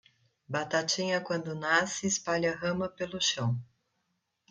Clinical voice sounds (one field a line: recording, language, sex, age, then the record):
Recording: short text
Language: Brazilian Portuguese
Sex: female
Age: 50 to 59 years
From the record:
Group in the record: control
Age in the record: 50 years